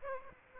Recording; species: mosquito wingbeat signal from an infrared sensor; Aedes aegypti